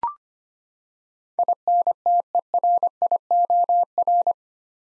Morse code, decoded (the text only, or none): INTERIOR